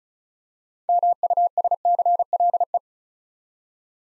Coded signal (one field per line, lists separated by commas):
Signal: Morse code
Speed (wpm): 36 wpm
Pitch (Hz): 700 Hz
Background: none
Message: MUSCLE